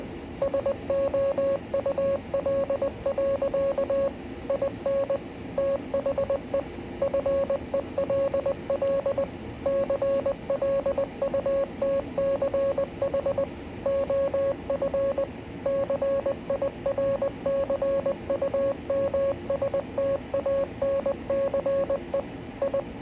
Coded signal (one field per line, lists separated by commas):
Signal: Morse code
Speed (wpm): 20 wpm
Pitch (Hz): 550 Hz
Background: radio noise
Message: SOUL. IN THE FELL CLUTCH OF CIRCUMSTANCE I